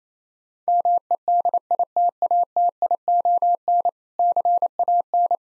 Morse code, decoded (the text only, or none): MEDITATION CAN